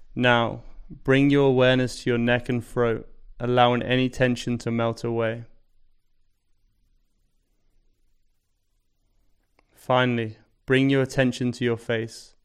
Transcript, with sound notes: Now, bring your awareness to your neck and throat, allowing any tension to melt away. [Pause 5 seconds] Finally, bring your attention to your face.